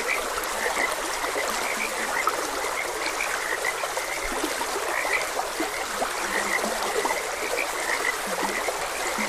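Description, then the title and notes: Frog croaks repeat in a continuous overlapping chorus, some lower croaks appearing now and then, over the steady sound of flowing water. Frogs croaking beside a gentle stream. "Gentle Stream and Frogs Croaking. Sleep and Relaxation Podcast"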